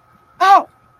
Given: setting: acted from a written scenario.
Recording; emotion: vocal sound without words; pain